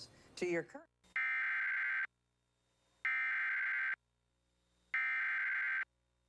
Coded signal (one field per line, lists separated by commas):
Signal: Emergency Alert System (SAME) tones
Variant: header bursts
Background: speech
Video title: (EAS #97) WTAP-TV - Severe Thunderstorm Warning (6/3/2023)